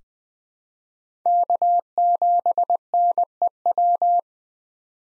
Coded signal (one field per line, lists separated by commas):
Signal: Morse code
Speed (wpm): 21 wpm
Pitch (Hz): 700 Hz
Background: none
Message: K7NEW